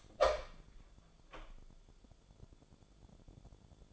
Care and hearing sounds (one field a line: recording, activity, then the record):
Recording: daily activity, microphone in the room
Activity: open door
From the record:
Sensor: 5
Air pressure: 1015.2 hPa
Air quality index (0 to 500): 217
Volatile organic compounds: 12 ppm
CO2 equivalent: 2355 ppm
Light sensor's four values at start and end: 35/80/32/31 and 35/80/32/31